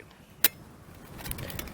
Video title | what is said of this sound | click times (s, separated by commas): The Emberlit Fire Ant | it just pops right in there | 0.5 s